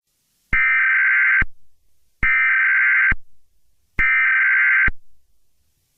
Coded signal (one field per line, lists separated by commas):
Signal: Emergency Alert System (SAME) tones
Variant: header bursts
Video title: EAS Scenario - Planet Killer